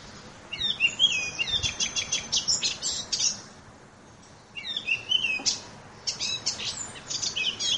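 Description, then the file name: Eurasian blackcap song: two phrases of rapid, high chattering and warbled notes, separated by a short quiet gap. "moenchsgrasmuecke"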